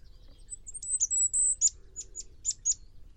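Bird twittering in a dense string of high chirps, including a drawn-out thin whistle, then several sharp separate notes in quick succession.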